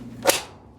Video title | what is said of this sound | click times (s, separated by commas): Kenmore 500 makes funny noise while filling, doesn’t fill or agitate. Replacing Water Inlet Valve. | Snaps right in. | 0.3 s